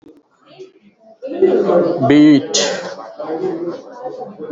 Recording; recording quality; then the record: sustained vowel as in beet; moderate, slight background noise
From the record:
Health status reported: COVID-19 positive, mild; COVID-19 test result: positive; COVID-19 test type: RT-PCR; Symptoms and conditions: cough, cold, breathing difficulty, fever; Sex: male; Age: 34 years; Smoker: no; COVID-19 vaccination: both doses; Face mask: worn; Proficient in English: yes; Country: India